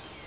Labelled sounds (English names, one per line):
Nashville Warbler flight call